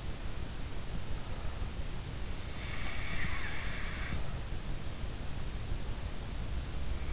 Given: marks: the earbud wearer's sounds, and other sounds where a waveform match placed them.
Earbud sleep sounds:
sounds in sleep by an in-ear microphone; snoring breath
2.67-4.54 s: snoring breath

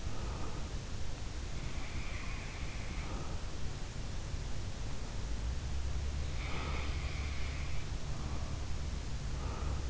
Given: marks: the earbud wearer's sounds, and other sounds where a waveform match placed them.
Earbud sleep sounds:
sounds in sleep by an in-ear microphone; breath
0.00-0.61 s: breath
1.64-3.48 s: sound from someone else or the room
6.41-8.83 s: sound from someone else or the room
9.34-9.83 s: breath

